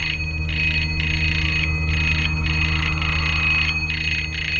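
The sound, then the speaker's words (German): The electric doorbell of Jackie's house on Holland Park Avenue is rung repeatedly by Snatcher, heard over walkie-talkies: a bright buzzing jangle in repeated bursts broken by short gaps, over a steady low hum, with no voices. “Gleich darauf hörten wir ihn über unsere Walkie-Talkies die Klingel bearbeiten.”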